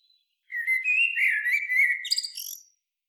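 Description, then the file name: Eurasian blackbird giving a warbling phrase lasting about two seconds, ending in thin, high squeaky notes. "Turdus merula"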